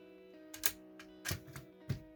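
An airsoft magazine is pushed into the magazine well of an ICS CES-P A5 S3 MP5-style airsoft SMG, giving a sharp click at 0.7 s, followed by further handling knocks around 1.3, 1.6 and 1.9 s over a steady tonal hum. Although it clicks, the magazine is not fully latched and can simply be pulled back out.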